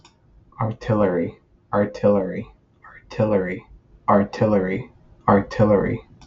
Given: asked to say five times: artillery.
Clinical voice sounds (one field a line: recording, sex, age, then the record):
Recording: repeated word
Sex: male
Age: 20 to 29 years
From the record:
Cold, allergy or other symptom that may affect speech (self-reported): no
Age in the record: 24 years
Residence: Missouri, United States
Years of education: 16